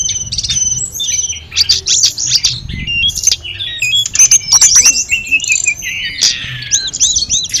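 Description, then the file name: Sunda robin song from several birds at once, a busy tangle of high chirps, trills and short whistles with brief pauses between bursts. Five tledekan birds singing together. "audio-gathering-5-ekor-tledekan"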